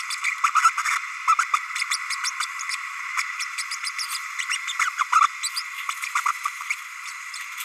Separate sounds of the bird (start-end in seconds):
0.10-0.15, 0.43-0.50, 0.54-0.70, 0.77-0.82, 1.27-1.35, 1.53-1.57, 1.91-1.96, 2.24-2.31, 2.70-2.75, 3.58-3.63, 4.49-4.57, 5.12-5.20, 5.43-5.49, 5.55-5.62, 5.88-5.93, 6.45-6.49, 6.69-6.75